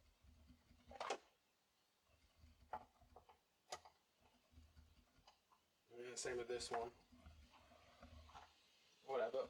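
A Phillips-head screw is driven back into a hedge trimmer housing, its head almost completely stripped so it barely threads in, and the driver gives off ticking, slipping sounds, with a sharp click at 2.7 s. Someone talks between the driver noises. The screw ends up stripped, slipping while being driven.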